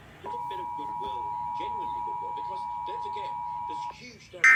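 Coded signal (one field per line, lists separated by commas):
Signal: Emergency Alert System (SAME) tones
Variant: 853 and 960 Hz attention tone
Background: speech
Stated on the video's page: North Carolina Required Monthly Tests captured live at night.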